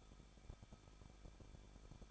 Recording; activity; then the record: daily activity, microphone in the room; no activity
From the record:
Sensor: 5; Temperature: 20.8 degrees Celsius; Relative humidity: 38.5%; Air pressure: 1006.5 hPa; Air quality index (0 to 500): 190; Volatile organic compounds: 20 ppm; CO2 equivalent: 2677 ppm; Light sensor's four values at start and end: 2/3/1/1 and 2/3/1/1